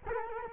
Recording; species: mosquito wingbeat signal from an infrared sensor; Culex quinquefasciatus